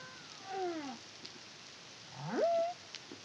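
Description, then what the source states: Humpback whale song: a short descending harmonic cry followed by an upswept whoop that levels off, over hiss. Song; Caribbean, CARIMAM project, 2023.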